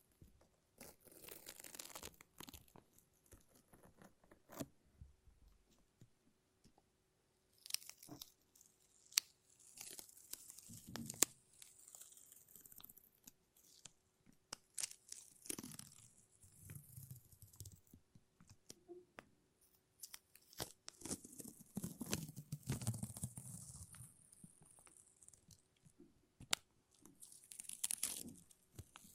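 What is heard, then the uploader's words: A lint roller and tape being worked in bursts, with sticky peeling and tearing sounds mixed with crinkling and sharp clicks. Bright rasping stretches come around 1–3, 8–11, 15–17 and 20–25 seconds, separated by quieter gaps with scattered ticks. ASMR No Talking Satisfying Sticky Sounds (Lint Roller and Tape).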